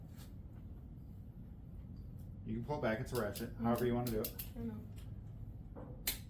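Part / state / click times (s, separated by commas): torque wrench on cylinder head bolt in engine block / torque reached / 6.1 s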